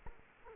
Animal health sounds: mosquito wingbeat signal from an infrared sensor; Culex quinquefasciatus

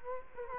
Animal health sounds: mosquito wingbeat signal from an infrared sensor; Culex quinquefasciatus

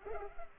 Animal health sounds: mosquito wingbeat signal from an infrared sensor; Culex pipiens

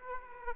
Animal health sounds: mosquito wingbeat signal from an infrared sensor; Aedes aegypti

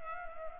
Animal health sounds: mosquito wingbeat signal from an infrared sensor; Culex pipiens

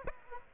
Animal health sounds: mosquito wingbeat signal from an infrared sensor; Aedes aegypti

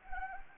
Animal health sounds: mosquito wingbeat signal from an infrared sensor; Anopheles gambiae

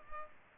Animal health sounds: mosquito wingbeat signal from an infrared sensor; Culex pipiens

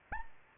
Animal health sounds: mosquito wingbeat signal from an infrared sensor; Anopheles arabiensis

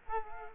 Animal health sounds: mosquito wingbeat signal from an infrared sensor; Culex quinquefasciatus

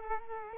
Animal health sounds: mosquito wingbeat signal from an infrared sensor; Culex quinquefasciatus

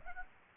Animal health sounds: mosquito wingbeat signal from an infrared sensor; Aedes aegypti

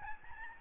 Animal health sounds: mosquito wingbeat signal from an infrared sensor; Aedes albopictus

